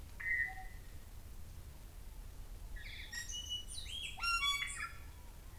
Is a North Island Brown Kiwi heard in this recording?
no